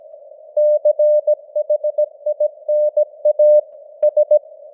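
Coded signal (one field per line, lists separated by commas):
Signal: Morse code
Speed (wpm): 17 wpm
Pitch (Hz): 600 Hz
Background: none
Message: CHINA S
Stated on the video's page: News headlines sent in Morse at 17 wpm with simulated radio noise and varying signal strength (QSB); an experiment.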